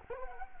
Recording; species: mosquito wingbeat signal from an infrared sensor; Anopheles gambiae